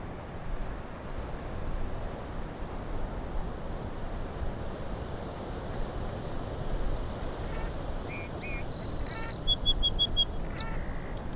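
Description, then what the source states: Song sparrow delivers one song late: quick opening notes, a buzzy tone, a rapid run of chips, then high and low finishing notes, over continuous surf. Song sparrow singing on Low Island, sounding different from town sparrows; surf crashing; recorded with handheld Sony PCM-M10 in a very light breeze.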